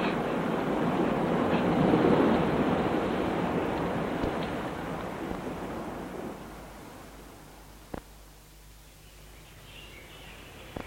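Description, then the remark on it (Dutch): A dense, steady roar of heavy storm rain builds for several seconds, then thins out and fades to a quiet hiss, broken by a couple of sharp, brief clicks. “Dat onweer gaat toch weer voorbij? Nee. Niet waar. Het gaat eeuwig zo door.”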